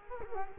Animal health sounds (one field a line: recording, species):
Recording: mosquito wingbeat signal from an infrared sensor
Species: Culex quinquefasciatus